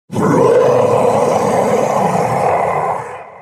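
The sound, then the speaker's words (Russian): A dragon god's roar of pain and rage after being struck by a thrown spear: one loud, rough, growling bellow that holds steady for about three seconds, deep and throaty, then cuts off, with no voices. “От боли и ярости взревел бог-дракон, прерывая связь со своим фантомным или еще каким-то там телом в мире снаружи.”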